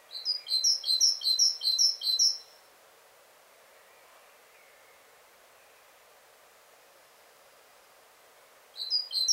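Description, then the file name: Great tit call: a fast series of sharp, high chirping notes repeated rapidly for a few seconds, a long quiet gap, then the series starts again. "Parus major"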